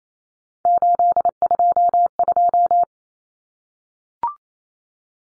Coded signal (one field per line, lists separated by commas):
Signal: Morse code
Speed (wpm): 28 wpm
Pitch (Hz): 700 Hz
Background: none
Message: 822